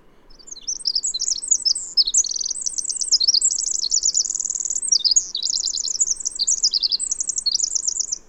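Bird song, a long, rapid, very high warble of varied twitters, trills and buzzy slurred notes running almost without pause over a faint low background hum.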